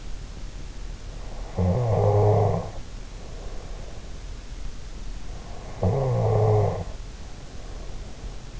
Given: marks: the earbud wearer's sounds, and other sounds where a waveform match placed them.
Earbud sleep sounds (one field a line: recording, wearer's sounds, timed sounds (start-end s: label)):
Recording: sounds in sleep by an in-ear microphone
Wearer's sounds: snoring breath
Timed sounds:
1.40-4.18 s: snoring breath
5.54-8.60 s: snoring breath